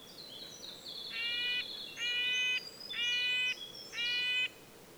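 Red-breasted nuthatch, four nasal honking calls in steady rhythm, with another bird's high, thin song running alongside.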